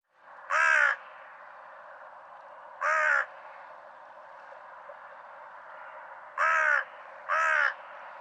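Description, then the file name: Carrion crow cawing: four harsh, hoarse caws, two close together near the end, over a steady background hiss. "Corvus corone"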